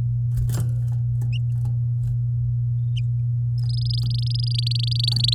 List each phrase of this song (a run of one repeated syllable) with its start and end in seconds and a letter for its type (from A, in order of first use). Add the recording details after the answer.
3.58-5.34 A. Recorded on 9 May 2018 at 12:05. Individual llb16